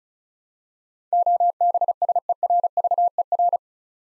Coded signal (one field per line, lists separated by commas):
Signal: Morse code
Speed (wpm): 36 wpm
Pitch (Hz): 700 Hz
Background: none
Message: OBSERVER